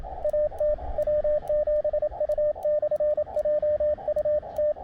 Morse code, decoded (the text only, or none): AT W7U/JU T